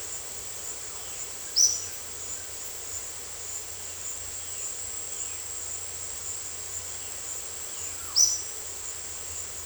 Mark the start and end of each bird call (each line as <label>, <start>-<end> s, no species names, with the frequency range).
bird call (3.9-6.4 kHz), 1.47-1.90 s